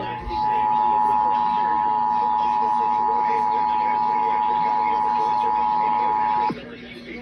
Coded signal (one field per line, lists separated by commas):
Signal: Emergency Alert System (SAME) tones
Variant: 853 and 960 Hz attention tone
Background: speech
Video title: August 2023 Texas Required Monthly Test (EAS #428-436)